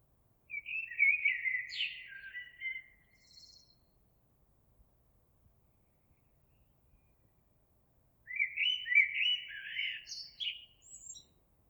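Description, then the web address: Eurasian blackbird song: two mellow fluted warbling phrases ending in squeaky high notes, separated by a long pause. Recorded 26 April 2022. "oiseaux Merle 2022 04 26"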